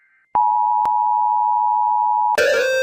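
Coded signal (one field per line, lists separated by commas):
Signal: Emergency Alert System (SAME) tones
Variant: 853 and 960 Hz attention tone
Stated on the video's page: Fictional EAS alarms set to a countryballs animation.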